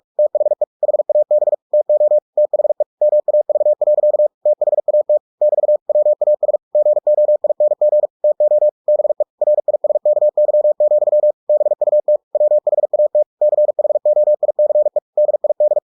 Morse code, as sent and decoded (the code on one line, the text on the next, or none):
- .... . / .... .- -... / - --- / - .... . / -- .- ...- .-.-.- / - .... .- - / -...- / .-- .- ... / --. --- .. -. --. / - --- / -... . / .-. .. ... -.- -.-- --..-- / -... ..- - / .-- .... .- - / -.-. .... --- .. -.-. . / -.. .. -..
THE HAB TO THE MAV. THAT <BT> WAS GOING TO BE RISKY, BUT WHAT CHOICE DID